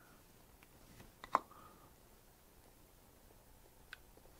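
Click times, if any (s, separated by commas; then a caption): none. A nib and feed insert is pushed back into a disposable plastic fountain pen barrel with a gripper. Faint ticks at 0.6 s and 1.2 s are followed by a sharper tap at 1.4 s with a short, soft scrape after it, then another small tick at 3.9 s against a quiet background. The insert has not clicked into place; it was originally recessed further than it now sits.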